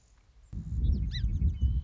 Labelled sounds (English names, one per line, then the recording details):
Song Sparrow
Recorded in Sonoma County, California